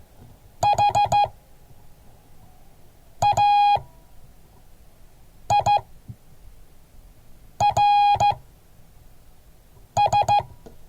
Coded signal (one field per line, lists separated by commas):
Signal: Morse code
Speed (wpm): 14 wpm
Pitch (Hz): 820 Hz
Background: none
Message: HAIRS